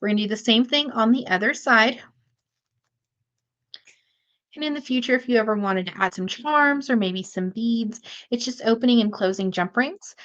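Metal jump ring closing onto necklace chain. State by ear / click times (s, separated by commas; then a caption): seated / 3.7 s. A metal jump ring is closed onto the chain on the other side of a necklace, giving a single sharp metal click at 3.7 s that shows both ends are secure. Someone talks before and after the click, with a short quiet gap around it.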